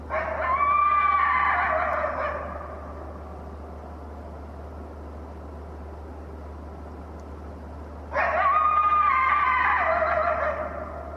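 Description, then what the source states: Coyote giving two separate long howls about eight seconds apart, each a sustained, slightly falling wail, over a constant low hum. A lone coyote, recorded at 18:40 on 28 January 2012.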